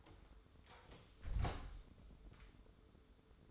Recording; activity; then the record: daily activity, microphone in the room; close door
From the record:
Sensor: 3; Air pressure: 1015.2 hPa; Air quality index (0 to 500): 180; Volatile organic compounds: 17 ppm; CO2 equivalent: 2589 ppm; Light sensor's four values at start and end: 12/32/12/13 and 11/29/11/11